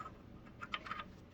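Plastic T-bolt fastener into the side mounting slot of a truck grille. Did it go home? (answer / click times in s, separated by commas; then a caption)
no / none. A plastic T-bolt fastener is pushed into a mounting slot on the side of an aftermarket plastic TEQ Customs TRD grille for a 2001-2004 Sequoia truck. Short, faint clicking and scraping taps are heard, strongest around 0.6 to 1.0 seconds. The slots are too small, so nothing has seated or clicked yet and the T-bolt fails to snap in.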